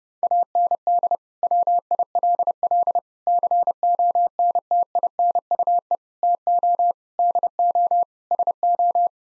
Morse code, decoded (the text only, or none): AND WILL CONTINUE TO DO SO